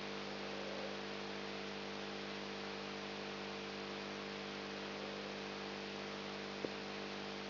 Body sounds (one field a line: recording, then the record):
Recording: brain microelectrode recording played as sound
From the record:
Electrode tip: outside the subthalamic nucleus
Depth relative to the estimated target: -6 mm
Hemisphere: left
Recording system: AlphaMap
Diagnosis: Parkinson's disease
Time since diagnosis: 14 years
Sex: male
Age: 59 years